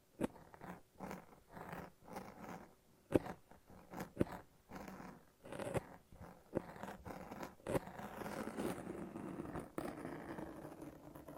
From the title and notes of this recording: ASMR No Talking Satisfying Sticky Sounds (Lint Roller and Tape).